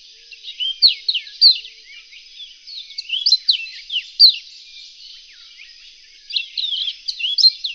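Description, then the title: Reunion olive white-eye song in bursts: lively high chirps and slurred whistles, a brief lull, then another quick twittering phrase toward the end. "kicau pleci reunion olive white eye"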